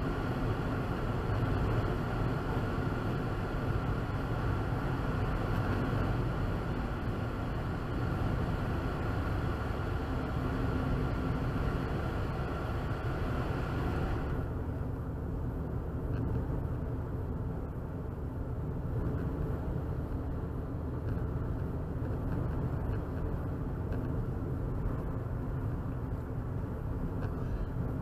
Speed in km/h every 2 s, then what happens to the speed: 87, 87, 82, 77, 71, 69, 72, 76, 74, 74, 77, 79, 81, 74.
3-9 slows to 69. 9-21 speeds up to 79.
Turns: none.